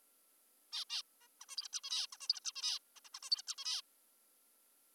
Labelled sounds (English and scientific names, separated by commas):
Zebra Finch (Taeniopygia guttata)